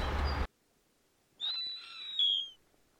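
Snowy owl giving a high, hoarse whistled scream that swells and then fades, preceded by a short burst of loud rumbling noise.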